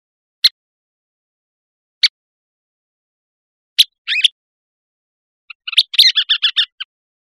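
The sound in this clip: Western kingbird calls: three sharp, isolated high kip notes spaced a second or two apart, then a brief stutter and a quick sputtering chatter of bright notes near the end.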